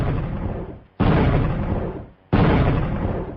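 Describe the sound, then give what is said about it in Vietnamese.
A signal rocket, lit and sent up into the sky, bursts three times in quick succession, each loud booming blast followed by a rumbling, fading tail, with no voices. “Pháo lệnh giọt lên không trung, nổ liên tiếp 3 tiếng.”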